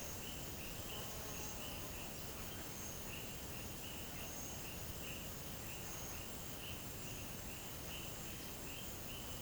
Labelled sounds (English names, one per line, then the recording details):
none
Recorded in pastures near Puerto Asís, Putumayo, Colombia, on 22 June 2025 at 11:00
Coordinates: 0.472, -76.331
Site G095